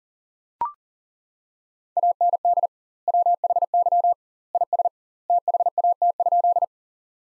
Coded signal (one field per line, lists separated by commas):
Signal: Morse code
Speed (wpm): 37 wpm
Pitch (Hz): 700 Hz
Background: none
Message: AND WHY IS THAT?